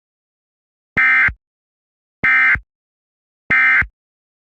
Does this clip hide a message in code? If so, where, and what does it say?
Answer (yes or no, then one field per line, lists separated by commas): no